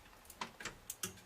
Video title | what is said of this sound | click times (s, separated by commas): How To Build a $500 Gaming Computer | that was the click there | 1.0 s